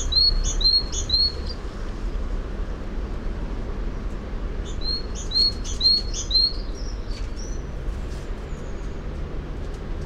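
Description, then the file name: Great tit singing quick repeated two-note phrases, a short burst at the start and another midway, with a low vehicle-like rumble underneath. "Parus major"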